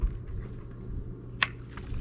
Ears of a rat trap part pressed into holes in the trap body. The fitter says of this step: get this one started and then they just snap into place